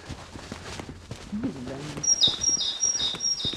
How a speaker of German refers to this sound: Guck mal, eine Meise. Wie laut die ist.